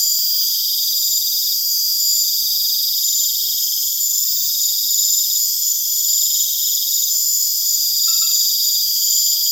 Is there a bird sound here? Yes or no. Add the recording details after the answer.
no. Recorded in pastures near Puerto Asís, Putumayo, Colombia, on 29 June 2025 at 20:30. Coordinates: 0.502, -76.324. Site G010